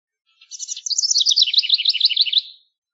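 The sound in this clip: House wren delivering a single energetic song: a brief stuttered opening, then a long tumbling series of rapid warbled notes that gradually descend.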